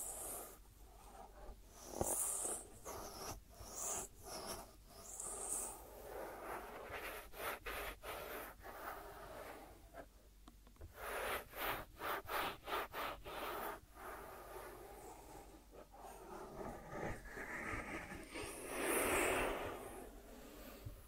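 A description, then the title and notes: Crisp ASMR ear treatment sounds: scratching and rubbing strokes in quick bursts, with sharp ticks and brighter swishes near 2 and 19 seconds. ASMR 3D Brain Penetrating Ear Treatment.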